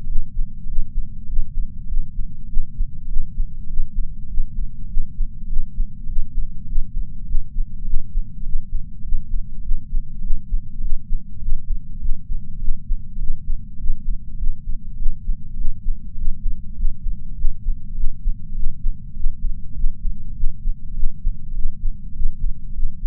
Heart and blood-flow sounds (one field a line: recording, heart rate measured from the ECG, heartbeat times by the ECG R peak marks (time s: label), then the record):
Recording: heart sounds by patch sensor on the chest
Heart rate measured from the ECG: 101 bpm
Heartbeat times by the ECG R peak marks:
0.08 s: heartbeat
0.66 s: heartbeat
1.26 s: heartbeat
1.87 s: heartbeat
2.48 s: heartbeat
3.09 s: heartbeat
3.67 s: heartbeat
4.27 s: heartbeat
4.88 s: heartbeat
5.49 s: heartbeat
6.06 s: heartbeat
6.66 s: heartbeat
7.26 s: heartbeat
7.86 s: heartbeat
8.43 s: heartbeat
9.02 s: heartbeat
9.64 s: heartbeat
10.23 s: heartbeat
10.82 s: heartbeat
11.41 s: heartbeat
11.96 s: heartbeat
12.61 s: heartbeat
13.20 s: heartbeat
13.77 s: heartbeat
14.34 s: heartbeat
14.97 s: heartbeat
15.57 s: heartbeat
16.19 s: heartbeat
16.75 s: heartbeat
17.37 s: heartbeat
17.96 s: heartbeat
18.56 s: heartbeat
19.14 s: heartbeat
19.74 s: heartbeat
20.34 s: heartbeat
20.96 s: heartbeat
21.55 s: heartbeat
22.17 s: heartbeat
22.73 s: heartbeat
From the record:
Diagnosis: coronary artery disease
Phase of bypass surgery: intraoperative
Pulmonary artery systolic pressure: 20 mmHg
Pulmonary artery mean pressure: 11 mmHg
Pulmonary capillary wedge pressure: 4 mmHg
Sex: male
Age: 69 years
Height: 174 cm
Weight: 79 kg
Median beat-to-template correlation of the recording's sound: 0.72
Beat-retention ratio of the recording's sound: 0.98